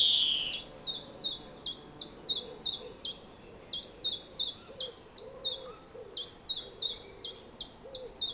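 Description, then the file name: European greenfinch: finch-like bird repeating short, sharp notes at a steady pace of about three per second, after a brief buzzy sound at the start. "Chloris chloris"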